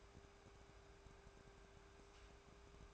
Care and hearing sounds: daily activity, microphone in the room; take from stove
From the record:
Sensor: 2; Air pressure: 1010.2 hPa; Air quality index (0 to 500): 160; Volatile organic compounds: 7 ppm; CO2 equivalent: 2013 ppm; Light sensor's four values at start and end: 40/97/43/49 and 41/98/44/50

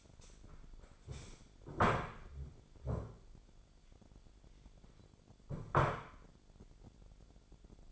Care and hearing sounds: daily activity, microphone in the room; stand up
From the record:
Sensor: 5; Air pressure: 1008.1 hPa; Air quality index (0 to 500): 154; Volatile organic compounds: 3 ppm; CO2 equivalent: 1484 ppm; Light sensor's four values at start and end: 58/164/64/64 and 58/164/63/64

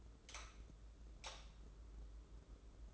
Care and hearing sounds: daily activity, microphone in the room; light on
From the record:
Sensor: 3

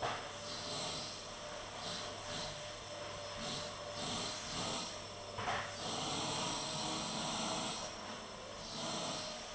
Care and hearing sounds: daily activity, microphone in the room; vacuum cleaning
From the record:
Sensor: 4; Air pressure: 1010.4 hPa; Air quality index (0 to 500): 179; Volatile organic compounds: 5 ppm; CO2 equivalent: 1813 ppm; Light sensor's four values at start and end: 33/98/38/38 and 33/98/38/38

